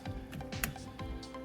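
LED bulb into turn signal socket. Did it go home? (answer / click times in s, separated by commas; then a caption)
no / none. A 3157 LED turn-signal bulb with its tabs filed down is handled and pushed toward the plastic socket of a Camry headlight assembly. Faint handling ticks sound over steady background music, with the sharpest one at about 0.6 s. The bulb has not seated or clicked into the socket yet.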